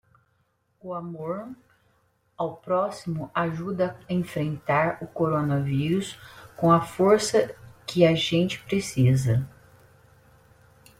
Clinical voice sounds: spoken sentence; Brazilian Portuguese; female; 50 to 59 years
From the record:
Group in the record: control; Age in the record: 53 years

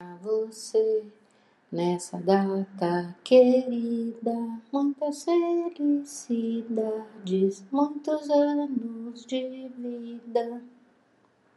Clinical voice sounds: short text; Brazilian Portuguese; female; 60 to 69 years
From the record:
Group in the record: control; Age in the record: 63 years

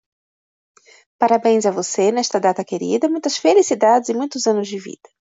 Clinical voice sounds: short text; Brazilian Portuguese; female; 40 to 49 years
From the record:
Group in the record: control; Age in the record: 49 years

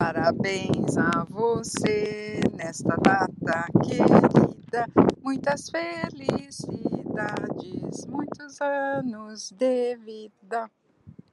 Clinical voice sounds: short text; Brazilian Portuguese; female; 60 to 69 years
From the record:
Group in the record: control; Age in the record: 64 years

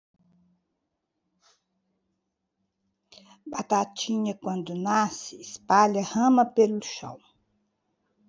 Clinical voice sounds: short text; Brazilian Portuguese; female; 70 to 79 years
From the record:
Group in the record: control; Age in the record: 72 years

